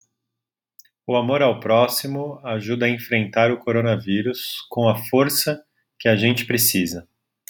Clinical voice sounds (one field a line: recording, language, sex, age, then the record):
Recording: spoken sentence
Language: Brazilian Portuguese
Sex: male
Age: 30 to 39 years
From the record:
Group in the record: control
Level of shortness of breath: 0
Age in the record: 34 years